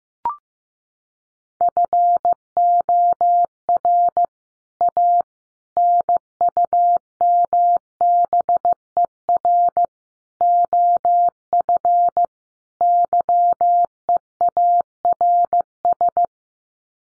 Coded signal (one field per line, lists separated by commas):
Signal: Morse code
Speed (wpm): 15 wpm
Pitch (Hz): 700 Hz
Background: none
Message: FOR A NUMBER OF YEARS